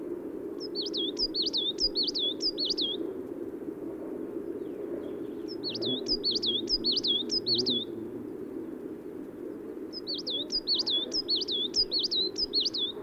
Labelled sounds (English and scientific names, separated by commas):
Coal Tit (Periparus ater) song